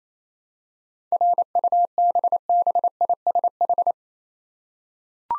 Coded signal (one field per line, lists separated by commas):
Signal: Morse code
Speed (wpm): 27 wpm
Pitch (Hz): 700 Hz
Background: none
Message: RUBBISH